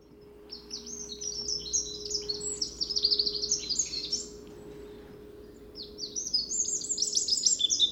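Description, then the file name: Eurasian wren song: a loud, hurried burst of high twittering notes and trills for over three seconds, a pause, then another energetic burst begins. "Troglodytes troglodytes"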